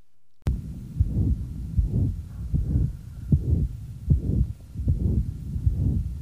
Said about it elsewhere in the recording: The ejection sound of a dysmorphic pulmonary valve. The equivalent of the diaphragm of your stethoscope placed in the left upper sternal border. A high frequency, long, mid-systolic murmur that's initiated by a high frequency sound. This high frequency sound is difficult to divorce from the overlying murmur. As the patient breathes in, the high frequency sound initiating the murmur disappears.